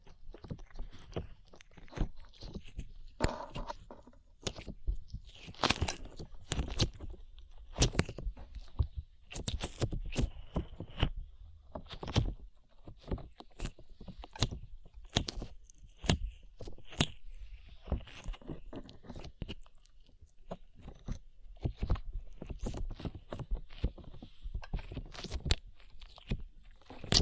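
Sticky slime being squished and pulled, making a steady stream of wet pops, clicks and crackles. The snaps come quickly and irregularly for the whole stretch, some sharp and bright, others softer, with brief quiet gaps between bursts.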